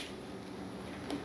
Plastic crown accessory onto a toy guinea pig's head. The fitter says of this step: it fits right over top of her little ears here snaps in place put a bow on her